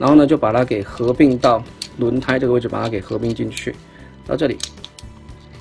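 Someone talks while lifting a plastic arm panel on a Transformers Studio Series Gamer Edition 01 WFC Bumblebee transforming robot toy and joining it into the wheel area, with short handling ticks near 5.0 and 5.7 seconds. The panel has not seated or clicked into place yet.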